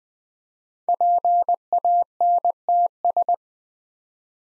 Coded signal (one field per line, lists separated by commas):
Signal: Morse code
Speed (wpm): 20 wpm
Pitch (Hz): 700 Hz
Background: none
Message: PANTS